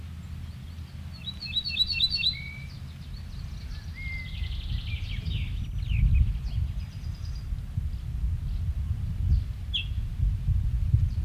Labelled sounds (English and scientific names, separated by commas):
Ortolan Bunting (Emberiza hortulana)